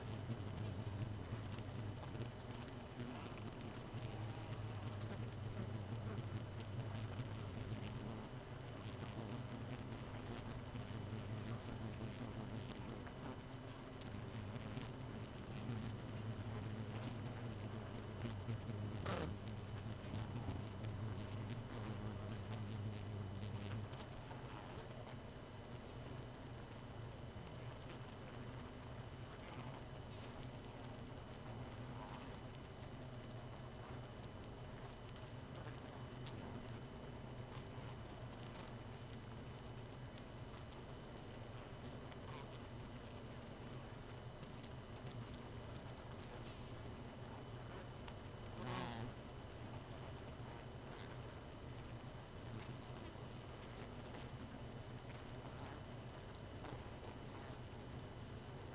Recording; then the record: honeybee colony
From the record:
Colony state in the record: missing queen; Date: 31 May 2018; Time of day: 2:32